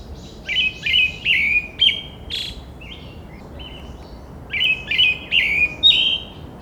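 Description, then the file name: Brown-headed thrush song of repeated whistled notes in short phrases, the first phrase closing with a hoarse buzzy trill, quieter twittering between phrases and a constant hiss behind. "akahara"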